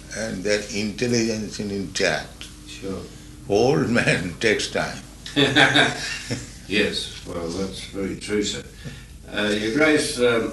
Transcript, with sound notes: And their intelligence is intact. Old man takes time.
[laughs] Yes, well, that's very true, sir. Your Grace,